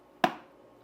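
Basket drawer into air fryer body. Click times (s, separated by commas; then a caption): 0.2 s. The basket drawer of a Tastee air fryer is pushed into the unit until it clicks into place. A single sharp click sounds at 0.2 s and fades quickly, with near silence before and after. The click confirms the drawer is seated.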